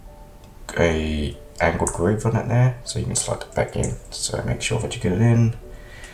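An action camera battery with an angled groove is being lined up to slide back into its compartment in the camera body while someone talks. Nothing has seated or clicked yet; the clip ends before the battery goes home.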